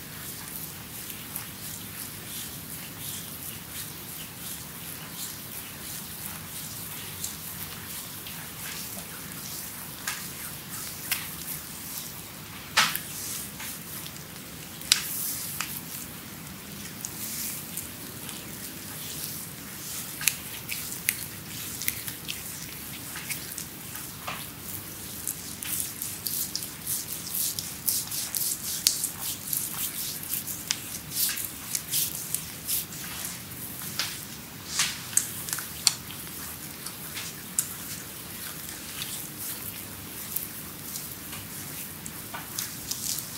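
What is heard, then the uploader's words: Hands rub and glide over skin with lotion, making a close, continuous wet crackle full of tiny sticky clicks and slaps. The rubbing thickens and sharpens around the middle and later stretches, with sharper smacks near 13, 15 and 36 seconds over a soft low hum. ASMR Creamy Full Body Massage by Adel.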